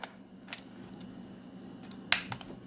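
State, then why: Seated. A 17-round magazine from a Smith & Wesson Carry Comp 2.0 pistol is pushed into the grip of another pistol's magazine well. A few light clicks and taps come first, then a sharp latching click at 2.1 s, followed by a smaller click at 2.3 s. The magazine is seated.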